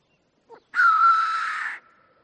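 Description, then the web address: Black grouse giving a single harsh, breathy hiss lasting about a second, after a faint short note. "ptitsa-teterev-variant-2"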